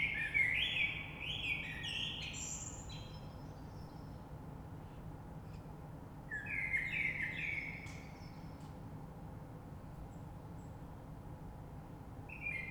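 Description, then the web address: Common blackbird giving two mellow warbled song phrases with high twittering ends, separated by several seconds of quiet, and the start of a third. Recorded 3 March 2020. "oiseaux Rush Merle 3-3-2020"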